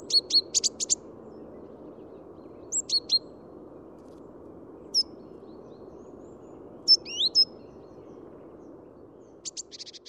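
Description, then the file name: Great tit calls: short, high, clipped notes in quick clusters, plus a few sharp rising and falling slurs, over a steady low rumble. "Parus major"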